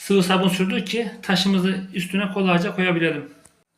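Someone talks over a ceramic toilet bowl being fitted onto a rubber flange gasket on the floor outlet; the gasket's inside has been coated with liquid soap so the bowl slides on easily. The talking fills the clip until about 3.5 seconds, then it goes quiet. The bowl has not seated onto the gasket yet.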